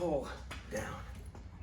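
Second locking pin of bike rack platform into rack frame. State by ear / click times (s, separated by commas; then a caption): not seated / none. Someone talks while pulling out the second spring-loaded locking pin on a Hollywood Racks Sports Rider bike rack platform, made for a RadRover 6+ e-bike, and pulling the platform down toward the rack frame. Faint handling knocks are heard near the end. The clip ends before the pin reaches its hole, so nothing has seated or clicked yet.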